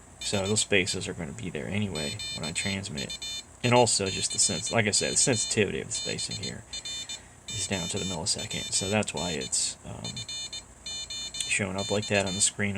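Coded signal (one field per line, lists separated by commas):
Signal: Morse code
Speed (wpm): 20 wpm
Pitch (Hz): 3600 Hz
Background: speech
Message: HE QUICK BROWN FOX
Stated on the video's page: Paddle input is simulated; one ESP32 sends each character over wifi to a second ESP32, which turns it back into dits and dahs and keys the transmitter.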